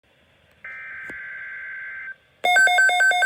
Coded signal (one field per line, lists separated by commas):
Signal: Emergency Alert System (SAME) tones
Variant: header bursts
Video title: Tornado Watch 349 (EAS #35)